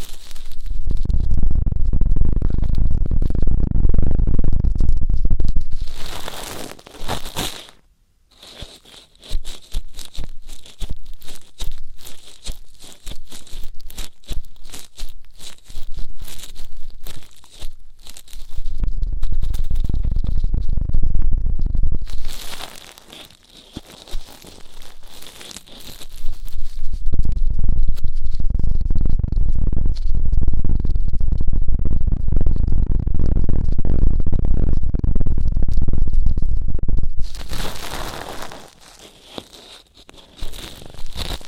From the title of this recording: ASMR Intense Electrifying Ear Cleaning